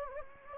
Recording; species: mosquito wingbeat signal from an infrared sensor; Anopheles gambiae